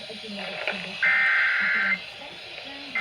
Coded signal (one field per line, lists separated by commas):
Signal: Emergency Alert System (SAME) tones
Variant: header bursts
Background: speech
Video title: A FLOODING ROADS EAS Alerts from 5/16/23 (EAS#275 & #278)